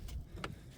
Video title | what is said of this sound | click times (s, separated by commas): How to replace a Taillight assembly Toyota Corolla 2020 to 2024 12th gen E210 | and you hear that click | 0.4 s